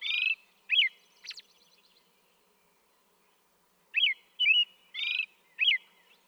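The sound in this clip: American robin singing in two short groups of whistled, slurred notes with a thin high squeak and a buzzy note, separated by a pause.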